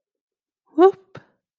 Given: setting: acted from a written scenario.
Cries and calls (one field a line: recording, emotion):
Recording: vocal sound without words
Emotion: embarrassment